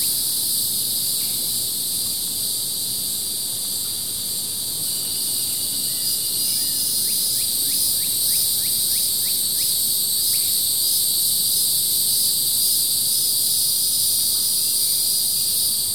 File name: kevin boucher animals insects crickets some flies birds in background